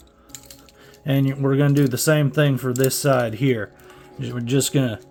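A plastic cannon arm is swung around so its peg locks into a connection port on a transforming toy robot's backpack, with a sharp click at 0.4 s among a few small plastic ticks near the start. The peg is seated, and then someone talks.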